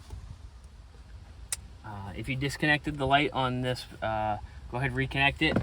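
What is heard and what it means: On a 2019 F150, the plastic cabin air filter cover is lined up on its two bottom tabs and pushed into the filter housing behind the glove box. One sharp click is heard at 1.5 s, and then someone talks. The cover is seated and clipped in.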